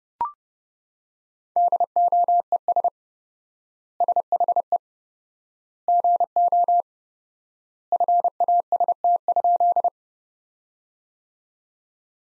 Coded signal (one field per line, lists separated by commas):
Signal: Morse code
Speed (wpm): 30 wpm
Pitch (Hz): 700 Hz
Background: none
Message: DOES SHE GO FAST?